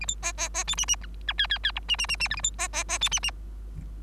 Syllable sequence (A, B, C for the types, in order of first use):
A B C C C D E E F F G G G H E E E E I A B C C C D E E